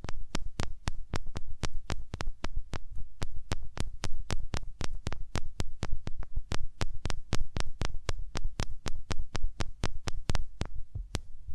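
Hands rub over the ears in a quick, very even rhythm, each stroke a crisp, bright pat, roughly four per second for the whole stretch. A low, steady rumble sits underneath, and the beat never speeds up or pauses.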